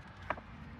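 On a 2021–2025 Kia Sorento, a thumb presses the release tab on the wiring connector of the start/stop button assembly while the plug is wiggled out. A single sharp click sounds at 0.3 s over a steady low background hum. The connector unlatches and pulls free of the button assembly.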